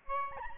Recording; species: mosquito wingbeat signal from an infrared sensor; Aedes albopictus